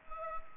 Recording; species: mosquito wingbeat signal from an infrared sensor; Culex pipiens